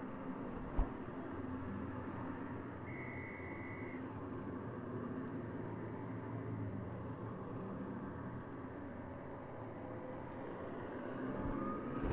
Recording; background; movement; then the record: deep breathing; traffic; sitting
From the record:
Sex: female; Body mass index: 36.4 kg/m2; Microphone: on the chest, facing the body